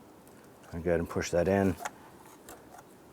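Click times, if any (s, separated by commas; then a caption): 2.5 s. On a 2005-2010 Chrysler 300, the plastic lock tab on the EGR valve harness connector is pushed all the way through. Someone talks, then a small click is heard at 2.5 s as the tab seats and locks the connector into place.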